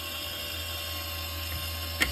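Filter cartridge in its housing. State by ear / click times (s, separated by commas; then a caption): released / 2.0 s. A powered unit runs in reverse with a steady, drill-like motor whine to back a filter cartridge out of its housing. A sharp click at 2.0 s marks the end of the motor run as the filter pops out, released.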